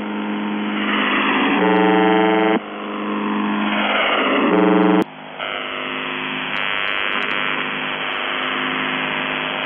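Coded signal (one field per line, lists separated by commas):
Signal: numbers station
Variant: UVB-76 (The Buzzer)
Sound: shortwave hiss broken by two harsh low buzzes about a second each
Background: radio static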